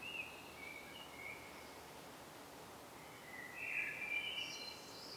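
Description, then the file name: Common blackbird song: faint fluty notes early, then after a pause a richer warbled phrase ending in thin high squeaks, under constant background hiss. "Turdus merula"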